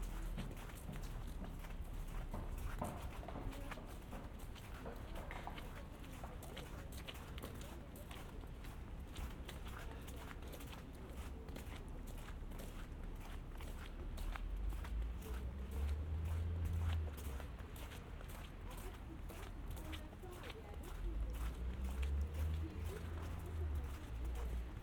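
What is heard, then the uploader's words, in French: Footsteps crunch steadily through snow in a winter walk, with a constant low rumble that swells around fifteen and twenty-two seconds. Balade binaural dans le Montréal de l'hiver. Marcher dans la neige.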